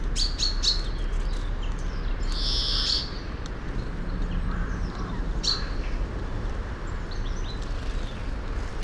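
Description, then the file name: European greenfinch giving a loud buzzy wheeze after short chirps, then a brief sharp note, with a low steady rumble in the background. "Chloris chloris"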